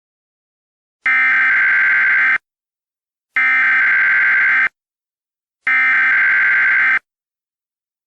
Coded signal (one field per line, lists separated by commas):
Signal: Emergency Alert System (SAME) tones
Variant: header bursts